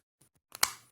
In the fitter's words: corresponds to right here and so the knife goes in and listen to it clicks